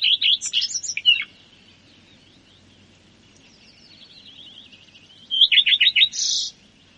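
Common redstart song phrases at the start and end, quick repeated notes with a varied twittery finish, and a soft descending trill between them.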